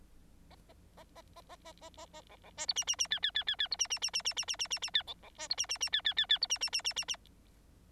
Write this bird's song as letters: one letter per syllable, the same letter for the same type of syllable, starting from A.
A A A A A A A A A A B B C D E E E F F F F F D E E E E E E E E E E F B B C D E E E F F F F D E E E E E E